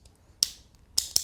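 A spring-loaded Variable Dash driver is twisted into the layer of an Ultimate Valkyrie Beyblade Burst spinning top. Sharp, bright clicks sound at 0.4, 1.0 and 1.2 seconds as the driver locks into place. The driver seats with a very tight fit.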